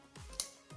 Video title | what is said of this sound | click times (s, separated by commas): 2008-2025 CHEVY TAHOE 4WD PREMIER (5.3L) Service Air Pressure Sensor (MAP / Baro sensor) | You heard the click, that's exactly what you want. | 0.4 s